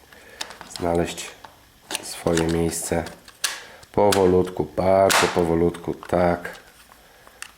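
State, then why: Seated. Someone talks while the two plastic halves of a PlayStation 4 controller housing are eased very slowly back together after an L2/R2 trigger repair. Small handling clicks and taps sound between the speech, and the housing snaps home with a sharp click at 7.4 s, seated in place.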